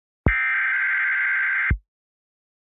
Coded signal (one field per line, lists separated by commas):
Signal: Emergency Alert System (SAME) tones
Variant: header bursts